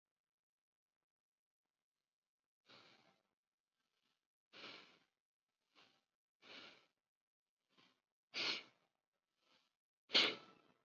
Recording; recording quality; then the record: shallow breathing; excellent, no background noise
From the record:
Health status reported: COVID-19 positive, mild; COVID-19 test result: positive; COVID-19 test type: RT-PCR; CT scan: not taken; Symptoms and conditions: cough, hypertension, diabetes, another condition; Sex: male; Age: 59 years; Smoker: no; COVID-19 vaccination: one dose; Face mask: not worn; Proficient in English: yes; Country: India